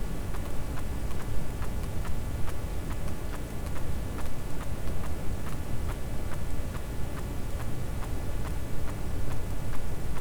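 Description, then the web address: Sperm whale clicking: evenly spaced sharp clicks throughout, over a continuous deep rumble. "Physeter Macrocephalus cachalot"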